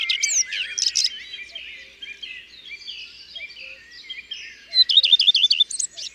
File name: Rougequeue a front blanc ABC des chants doiseaux